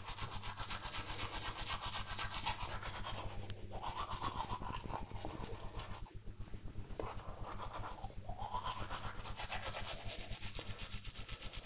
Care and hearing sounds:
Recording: household activities, microphone on the right wrist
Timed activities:
0.00-11.66 s: brushing teeth

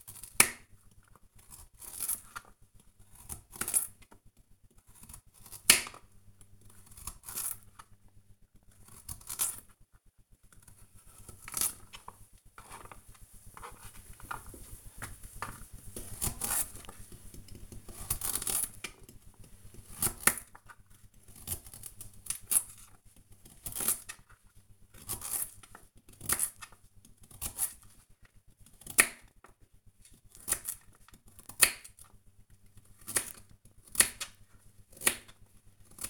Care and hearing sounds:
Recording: household activities, microphone on the right wrist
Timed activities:
0.00-36.10 s: cutting vegetables

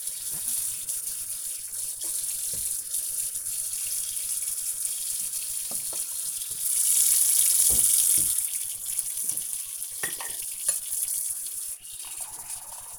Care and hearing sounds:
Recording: household activities, microphone on the right wrist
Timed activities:
0.00-12.99 s: washing dishes

